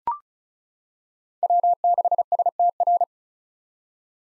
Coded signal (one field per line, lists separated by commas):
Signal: Morse code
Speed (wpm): 34 wpm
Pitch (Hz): 700 Hz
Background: none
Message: W6STR